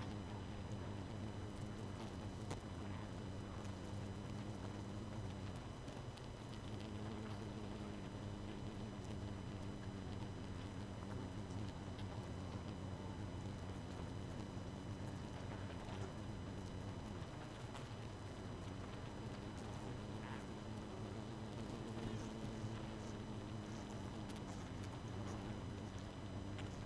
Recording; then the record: honeybee colony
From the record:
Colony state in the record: missing queen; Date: 31 May 2018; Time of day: 22:32